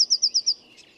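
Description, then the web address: Bird calling in a quick series of five high, sharp chirps in half a second, then a fainter note and quiet. "Deverinetal 2025 File origin Bird Only Cy Ca"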